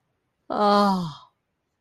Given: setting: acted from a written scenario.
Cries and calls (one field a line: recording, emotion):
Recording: vocal sound without words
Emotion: ecstasy